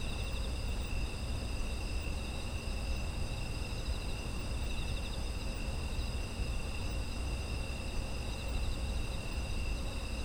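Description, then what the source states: Insect chorus of sustained high-pitched trills at several pitches, unbroken throughout, over a low droning background rumble. Ambient chorus of autumn insects.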